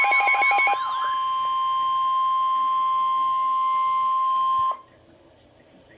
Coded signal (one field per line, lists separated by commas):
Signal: Emergency Alert System (SAME) tones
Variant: 1050 Hz attention tone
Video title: Severe Thunderstorm Warning - EAS #644